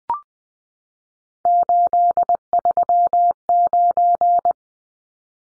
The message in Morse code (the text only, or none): 839